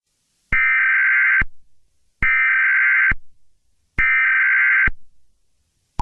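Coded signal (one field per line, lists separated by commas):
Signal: Emergency Alert System (SAME) tones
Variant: header bursts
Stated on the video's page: Simulated EAS scenario, not a real broadcast alert.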